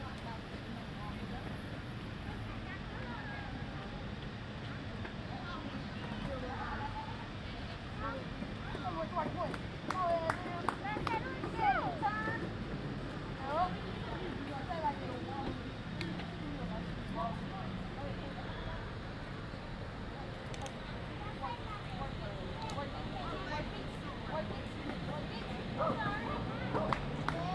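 Skaters practice tricks while people stroll past, with overlapping voices and chatter running throughout. A steady low rumble, like rolling wheels or passing traffic, sits underneath. Sharp clacks and brief louder bursts come irregularly, clustering around the ten to thirteen second mark and again near the end.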